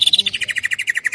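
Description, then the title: Greater green leafbird trill: a rapid, even series of bright, pulsing notes that drop slightly in pitch across the brief burst. Female calling to a male, very vocal. "CUCAK IJO BETINA GACOR HIPER MEMANGGIL JANTAN"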